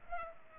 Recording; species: mosquito wingbeat signal from an infrared sensor; Culex pipiens